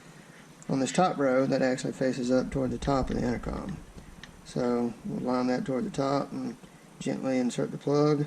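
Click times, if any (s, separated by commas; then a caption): none. Someone talks while a multi-pin wiring harness plug with a push-button release is lined up facing the top and gently pushed toward the top-row socket of a UTV intercom unit. No click is heard, and the plug has not yet seated.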